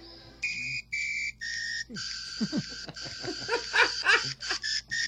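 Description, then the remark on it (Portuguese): A tune, apparently an anthem, played on a shrill whistle: a run of sustained high notes stepping up and down in pitch, growing busier toward the end, with scattered voices underneath. “E no versão apito.”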